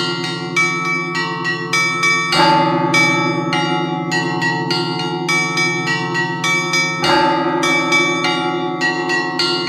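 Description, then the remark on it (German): Several church bells in a bell tower in Finland, set in motion by a monk pulling mechanisms with his hands and feet, clang in quick, irregular succession over a deep, sustained humming drone, with strong metallic overtones and a steady loud ring and no voices. “Ich sage vielleicht dazu, was man hört, ein Mönch ist da im Glockenturm und der spannt sich irgendwie in so ein Gestell ein und zieht mit Händen und Füßen da diese Mechanismen, um die Glocken in Bewegung zu setzen.”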